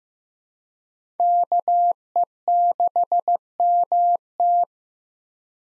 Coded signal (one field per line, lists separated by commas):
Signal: Morse code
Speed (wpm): 15 wpm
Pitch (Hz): 700 Hz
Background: none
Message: KE6MT